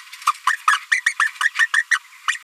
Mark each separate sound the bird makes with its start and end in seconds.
0.27-0.31, 0.47-0.56, 0.67-0.79, 0.91-1.00, 1.06-1.14, 1.19-1.28, 1.40-1.50, 1.59-1.67, 1.74-1.83, 1.91-1.98, 2.28-2.37